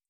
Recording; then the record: hydrophone in a shrimp aquaculture tank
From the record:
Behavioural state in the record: feeding